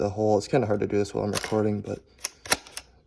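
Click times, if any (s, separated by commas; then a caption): 2.2 s, 2.5 s, 2.8 s. Someone talks while pushing in the two spring knobs on the lower shaft of a Garrett Ace 400 metal detector and sliding it into the upper shaft toward the first-setting adjustment hole. After the talking, sharp clicks come at 2.3, 2.5 and 2.8 seconds as the spring button snaps into the hole. The shaft is seated at the first setting.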